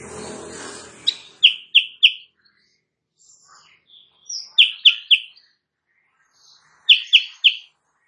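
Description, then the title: Sooty-headed bulbul song in three separate short bursts of sharp, falling chirps, with broad noise at the start and soft high notes between. Sooty-headed bulbul (Kutilang Sutra) singing energetically (gacor) in the morning; used as a master recording for training songbirds and said to make rival birds answer. "Masteran Kutilang Sutra. Kutilang Sutra GACOR pagi hari bikin lawannya AUTO NYAUT"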